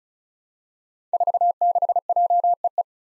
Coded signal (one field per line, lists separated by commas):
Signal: Morse code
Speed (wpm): 36 wpm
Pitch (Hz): 700 Hz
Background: none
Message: 46JEE